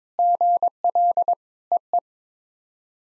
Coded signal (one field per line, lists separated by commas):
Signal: Morse code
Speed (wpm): 22 wpm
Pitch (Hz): 700 Hz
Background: none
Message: GL EE